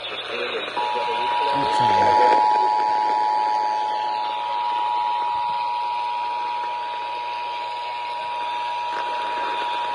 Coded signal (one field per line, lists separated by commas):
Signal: Emergency Alert System (SAME) tones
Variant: 853 and 960 Hz attention tone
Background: speech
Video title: I FREAK KUHT I FOUND TV RADIO... EAS Alerts From 4/20/25 - 4/21/25 (EAS#3,365 - #3,411)